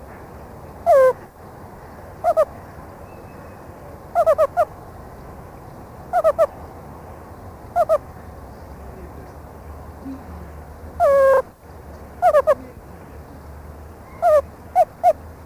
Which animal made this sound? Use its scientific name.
Suricata suricatta